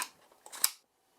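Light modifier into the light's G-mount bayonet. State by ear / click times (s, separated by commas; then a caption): seated / 0.6 s. A modifier or accessory is fitted onto the G-mount bayonet of a compact video light and twisted until it locks. Faint scraping contacts come at about 0.3 s and 0.5 s, then a sharp, bright snap at 0.6 s that fades by 0.8 s into silence. The accessory is seated on the light.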